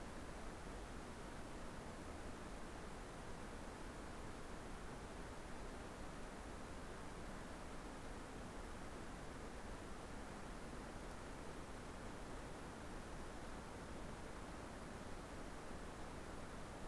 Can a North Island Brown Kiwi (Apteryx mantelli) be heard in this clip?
no